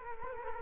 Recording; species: mosquito wingbeat signal from an infrared sensor; Culex quinquefasciatus